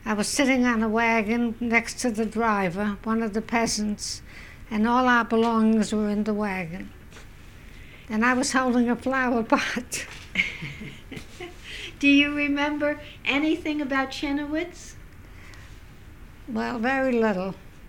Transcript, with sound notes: I was sitting on a wagon next to the driver, one of the peasants, and all our belongings were in the wagon. And I was holding a flower pot. ( she laughs )
Do you remember anything about Chernowitz?
Well, very little.